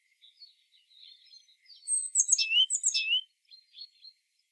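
Great tit calls: a tight series of high descending whistled notes over about a second, with quiet twittering around it.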